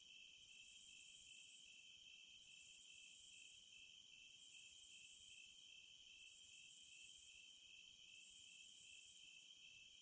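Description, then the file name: Cicada buzzing in regular pulses, each high hiss lasting about a second and repeating every two seconds above a constant lower drone. "Zvuki prirody Cikady"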